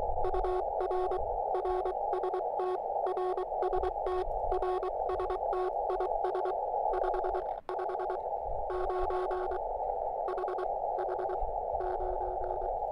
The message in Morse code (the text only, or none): UR RST RST RST IS 5 5 9 H H 9